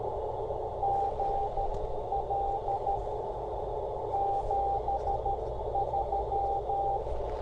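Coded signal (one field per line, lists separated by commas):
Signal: Morse code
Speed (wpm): 13 wpm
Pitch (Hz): 790 Hz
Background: none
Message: GL 73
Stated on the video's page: Portable CW during a park activation with a Bamatech key adjusted too tight, causing key failure; slow DX contact in adverse conditions.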